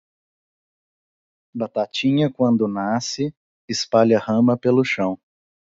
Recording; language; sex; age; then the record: short text; Brazilian Portuguese; male; 30 to 39 years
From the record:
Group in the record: control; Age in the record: 37 years